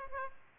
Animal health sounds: mosquito wingbeat signal from an infrared sensor; Aedes aegypti

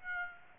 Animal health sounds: mosquito wingbeat signal from an infrared sensor; Aedes aegypti

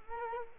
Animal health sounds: mosquito wingbeat signal from an infrared sensor; Culex quinquefasciatus

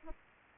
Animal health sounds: mosquito wingbeat signal from an infrared sensor; Aedes aegypti

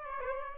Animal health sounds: mosquito wingbeat signal from an infrared sensor; Aedes albopictus

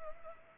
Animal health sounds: mosquito wingbeat signal from an infrared sensor; Culex pipiens

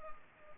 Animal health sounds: mosquito wingbeat signal from an infrared sensor; Culex pipiens

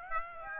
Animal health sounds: mosquito wingbeat signal from an infrared sensor; Aedes aegypti

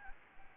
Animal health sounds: mosquito wingbeat signal from an infrared sensor; Aedes albopictus

